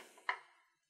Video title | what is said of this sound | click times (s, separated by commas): I Test Out the Patent-Pending NAYAD Tumbler - Honest Unboxing Review | it doesn't really click in the play like | 0.3 s